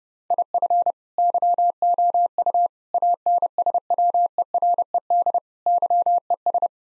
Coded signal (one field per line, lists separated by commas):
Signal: Morse code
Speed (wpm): 30 wpm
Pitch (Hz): 700 Hz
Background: none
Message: IF YOU ANSWERED YES